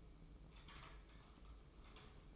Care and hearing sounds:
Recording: daily activity, microphone in the room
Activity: typing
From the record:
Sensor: 1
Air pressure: 995.3 hPa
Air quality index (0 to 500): 28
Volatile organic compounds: 1 ppm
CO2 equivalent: 541 ppm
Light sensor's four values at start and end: 16/54/19/21 and 16/55/20/22

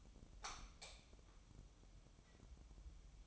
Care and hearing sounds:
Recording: daily activity, microphone in the room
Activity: light off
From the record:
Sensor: 1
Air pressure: 988.4 hPa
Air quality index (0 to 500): 198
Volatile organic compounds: 1000 ppm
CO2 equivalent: 5281 ppm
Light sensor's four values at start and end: 12/37/14/15 and 8/21/8/10

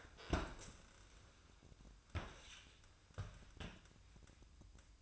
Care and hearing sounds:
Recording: daily activity, microphone in the room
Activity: stand up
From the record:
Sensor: 2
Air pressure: 1004.9 hPa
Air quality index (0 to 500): 92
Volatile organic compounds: 2 ppm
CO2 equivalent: 1111 ppm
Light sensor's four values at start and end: 7/16/6/7 and 8/19/7/8

